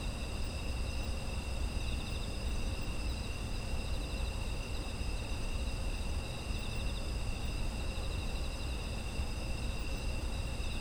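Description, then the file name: Steady layered insect trilling, shrill and unbroken across several pitches, with a low continuous hum in the background. Autumn insect ambience, presented as background sound. "秋の虫の環境音"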